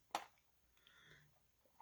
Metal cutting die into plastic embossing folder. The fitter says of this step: and you'll kind of hear it I don't know if you could hear that little click or not